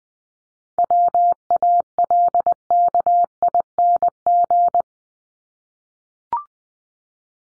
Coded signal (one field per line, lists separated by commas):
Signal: Morse code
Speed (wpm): 20 wpm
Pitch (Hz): 700 Hz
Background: none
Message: WALKING